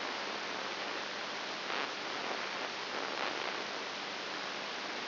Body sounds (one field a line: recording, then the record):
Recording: brain microelectrode recording played as sound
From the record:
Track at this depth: inside the subthalamic nucleus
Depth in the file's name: 4.101 mm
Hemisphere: right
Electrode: 3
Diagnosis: Parkinson's disease